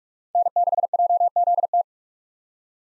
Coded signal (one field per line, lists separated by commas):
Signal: Morse code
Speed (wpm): 45 wpm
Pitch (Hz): 700 Hz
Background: none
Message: N6JZT